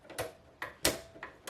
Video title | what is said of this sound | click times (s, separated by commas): Larger Than Mat Halloween Decor With Your Cricut | There's your click. | 0.9 s